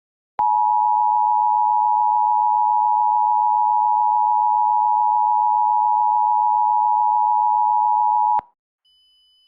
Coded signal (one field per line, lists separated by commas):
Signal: Emergency Alert System (SAME) tones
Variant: 853 and 960 Hz attention tone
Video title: EAS Scenario: Covid-19 Riots (Reuploaded)